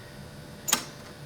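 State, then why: Seated. An 8-inch floppy disk is pushed all the way into a Qume 842 floppy drive, connected to an RC2014 Z80 retrocomputer, before the door latch is closed. Over a quiet low background, a single sharp click sounds at 0.7 s as the disk seats in place.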